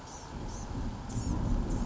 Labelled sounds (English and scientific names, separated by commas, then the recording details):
Blue-gray Gnatcatcher (Polioptila caerulea)
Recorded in Sonoma County, California